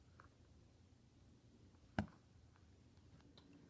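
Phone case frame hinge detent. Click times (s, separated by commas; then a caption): 0.2 s, 2.0 s, 2.1 s, 3.4 s. A phone case frame for an iPhone 5/5S is rotated through its angles, and its hinge detent locks into place about every 15 to 20 degrees. Quiet ticks sound at 0.2 s and 3.4 s. The loudest, sharp click comes at 2.0 s with a faint follow-up at 2.1 s, as the hinge seats at each step.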